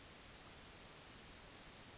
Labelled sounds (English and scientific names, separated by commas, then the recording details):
Yellowhammer (Emberiza citrinella) song
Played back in forest
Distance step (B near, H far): E
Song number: 042